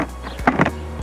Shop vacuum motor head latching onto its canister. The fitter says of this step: and that just snaps on there's a little snaps on each side